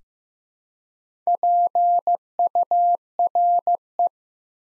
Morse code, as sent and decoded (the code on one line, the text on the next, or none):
.--. ..- .-. .
PURE